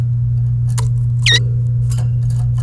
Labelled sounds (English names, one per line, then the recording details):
Domestic Canary song
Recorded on 28 April 2018 at 14:54
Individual llb3